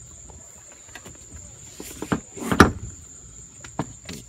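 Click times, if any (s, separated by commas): 2.6 s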